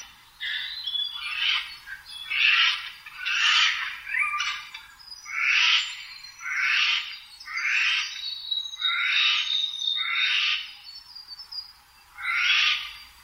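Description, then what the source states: Eurasian jay calling a long series of rough, grating screeches, roughly one per second with an uneven rhythm, and a brief gap before the last. Source titles the recording カケスの雲溜め (kumodame).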